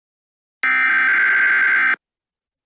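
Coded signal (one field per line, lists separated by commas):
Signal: Emergency Alert System (SAME) tones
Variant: header bursts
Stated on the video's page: Fictional EAS scenario alert about a nextbot invasion.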